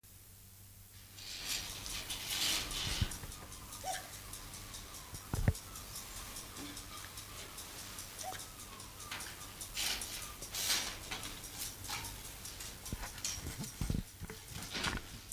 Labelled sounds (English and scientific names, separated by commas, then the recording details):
Silvery Javan Gibbon (Hylobates moloch) call
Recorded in captivity
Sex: diverse
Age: diverse
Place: Zoo Rostock, Mecklenburg-Vorpommern, DE
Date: 1984-02-03
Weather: bedeckt, 3-6°C
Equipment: Nagra SN, Kopie Uher 4000 Report Monitor
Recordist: Tembrock, Günter
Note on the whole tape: Männchen: Kurzlaute (wav-Datei: Hylmol15), danach ab ca. 9.30 Uhr: Weibchen: Kurzlaute, dann auch das weibliche Jungtier (geb.: März 1983) (in wav-Datei: Hylmol16)